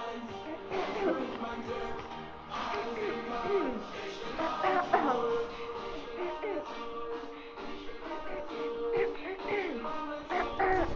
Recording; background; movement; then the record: throat clearing; music; walking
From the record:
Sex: female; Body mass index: 18.8 kg/m2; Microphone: on the chest, facing outward